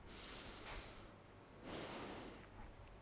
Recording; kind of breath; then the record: one breath in and out by a microphone near the nose and mouth; deep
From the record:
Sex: male